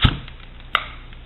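A vacuum-sealed lid on a glass storage jar of dehydrated corn is opened and releases with one loud, sharp pop at 0.8 s. A low thump near the start and a few faint ticks come before and after the pop. The seal is released.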